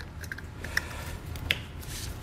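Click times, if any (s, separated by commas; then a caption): 1.5 s. On a 2020 Chevrolet Traverse, the bumper fascia wiring harness connector is pushed back into its mating plastic connector during a Draw-Tite Max-Frame trailer hitch receiver installation, with the red locking lever still to be slid down afterward. Faint plastic ticks and handling noises come at about 0.3 and 0.8 seconds. A sharp, bright click at 1.5 seconds marks the connector seating fully.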